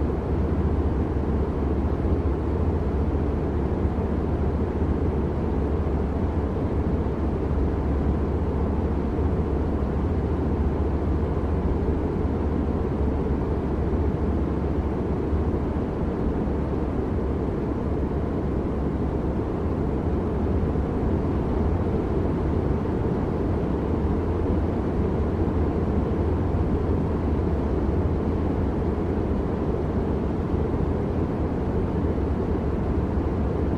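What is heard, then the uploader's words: A private jet's cabin hum rolls on without change, a deep, dense rumble with a steady low drone at its core. The sound is thick in the lows and mids, fading toward the top, with no separate events, just an even, constant roar throughout. Private Jet White Noise.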